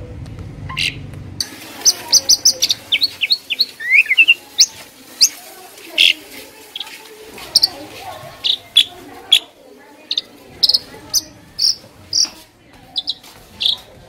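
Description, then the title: Asian pied starling song: a lively jumble of sharp whistles, chirps and rising notes in quick irregular bursts, with some low rumble at the start. Training recording for songbirds that sing too little or are sluggish. "Masteran Jalak Suren Atasi Burung KURANG GACOR Dan LOYO"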